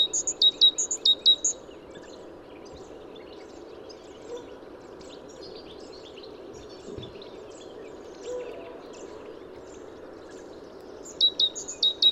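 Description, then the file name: Great tit calls: short bursts of bright, high repeated notes at the start and end, with a quiet stretch between, over steady background hiss. "Parus major"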